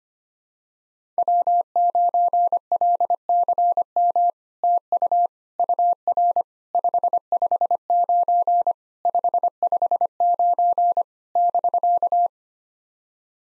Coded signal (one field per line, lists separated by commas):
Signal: Morse code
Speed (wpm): 25 wpm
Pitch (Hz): 700 Hz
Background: none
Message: W9LCM TU UR 559 559 <BK>